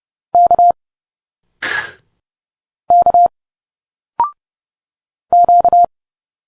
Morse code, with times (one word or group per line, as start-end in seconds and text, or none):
0.3-0.7 K
2.9-3.3 K
5.3-5.8 Q